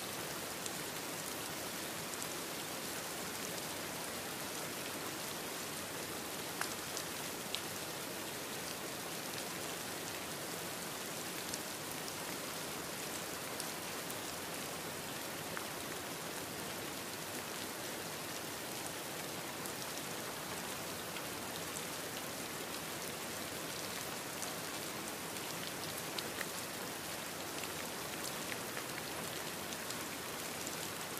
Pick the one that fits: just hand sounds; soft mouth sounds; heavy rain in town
heavy rain in town